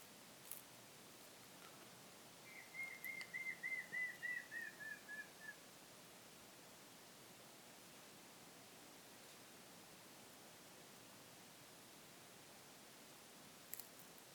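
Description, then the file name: Montezuma quail whistling one falling, wavering series of about ten pulsed notes, followed by long quiet stretches with only soft background noise. "Cyrtonyx montezumae - Montezuma Quail"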